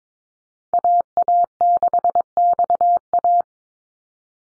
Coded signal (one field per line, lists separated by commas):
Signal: Morse code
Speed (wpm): 22 wpm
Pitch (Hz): 700 Hz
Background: none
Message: AA6XA